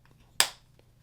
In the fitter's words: till it snaps together.